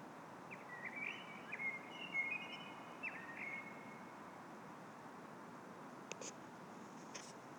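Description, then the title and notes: Common blackbird song: a run of fluty whistled phrases in the first few seconds, then quiet hiss broken by a couple of sharp clicks. At Christmas time at Årstadal. "The Christmas Blackbird at Årstadal by pelles"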